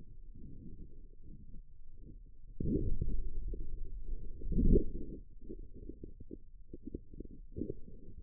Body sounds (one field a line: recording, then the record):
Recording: forearm muscle sounds (acoustic myography)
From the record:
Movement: outward rotation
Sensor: system 2, bracelet of six BSWA MPA416 microphones around the upper forearm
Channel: 4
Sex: male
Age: 22 years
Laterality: right